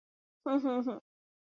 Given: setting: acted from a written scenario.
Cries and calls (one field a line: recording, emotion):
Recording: vocal sound without words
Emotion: romantic love